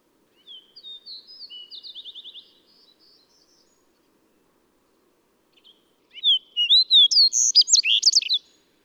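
Bird song: a thin high phrase ending in rapid repeated notes, a pause of several seconds, then a louder, more varied burst of twittering notes.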